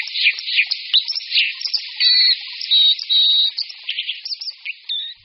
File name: Skorec-vodní